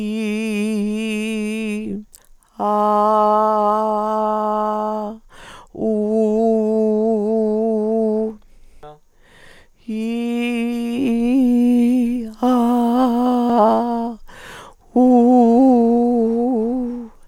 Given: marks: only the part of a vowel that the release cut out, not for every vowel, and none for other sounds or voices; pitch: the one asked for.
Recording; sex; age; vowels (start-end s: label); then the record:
sustained vowels; female; 70 to 79 years
0.00-1.65 s: vowel /i/, normal pitch
2.72-4.72 s: vowel /a/, normal pitch
6.02-8.07 s: vowel /u/, normal pitch
10.07-12.00 s: vowel /i/, high pitch
13.50-14.05 s: vowel /a/, high pitch
15.11-16.69 s: vowel /u/, high pitch
From the record:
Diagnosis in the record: recurrent laryngeal nerve paralysis, dysodia (singing voice disorder); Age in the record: 72 years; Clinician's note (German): Jetzt kompensiert, lediglich Dysodie